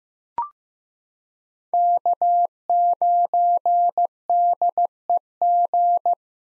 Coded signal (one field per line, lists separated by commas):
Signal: Morse code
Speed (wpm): 15 wpm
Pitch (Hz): 700 Hz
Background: none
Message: K9DEG